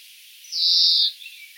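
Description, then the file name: European greenfinch uttering a single harsh, buzzy, level wheeze of about half a second, followed by faint brief chirps. "Chloris chloris"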